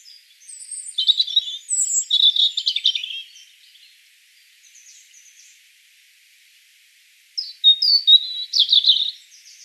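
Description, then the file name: European robin song: two bursts of high, thin, varied warbling phrases separated by a quieter pause. "Erithacus rubecula"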